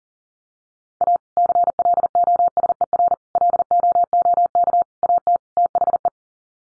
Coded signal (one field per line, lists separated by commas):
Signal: Morse code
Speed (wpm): 40 wpm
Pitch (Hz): 700 Hz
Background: none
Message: A CLOSER LOOK AT THE